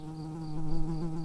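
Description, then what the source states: Early bumblebee buzzing: a steady low droning hum with rich overtones, wavering slightly in loudness throughout. Workers.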